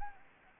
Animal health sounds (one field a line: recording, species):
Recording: mosquito wingbeat signal from an infrared sensor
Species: Anopheles gambiae